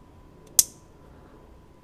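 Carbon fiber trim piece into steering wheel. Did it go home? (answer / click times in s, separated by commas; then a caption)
yes / 0.6 s. A second carbon fiber M Performance trim piece is pressed into a steering wheel. A faint contact at 0.5 s is followed by one sharp, loud snap at 0.6 s with a brief bright ring-off, and the piece seats. Someone talks afterward.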